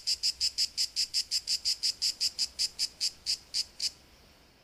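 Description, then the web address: Cicada song: a series of sharp buzzy pulses that space out slightly as they go, then stop, leaving a faint high hiss. "Khaganat-games khanat-sounds-sources stock sound library animals cicadas euroblues cicada-2-euroblues"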